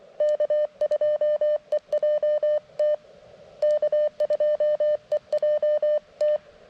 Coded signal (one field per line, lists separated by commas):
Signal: Morse code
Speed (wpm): 23 wpm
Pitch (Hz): 600 Hz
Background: none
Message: K2EJT K2EJT